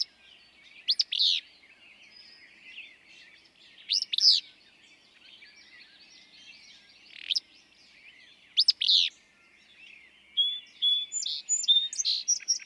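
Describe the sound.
Willow flycatcher repeating its brisk, sneezy two-part song several times; other birds chirp softly behind, with a series of thin whistled notes from another bird at the end.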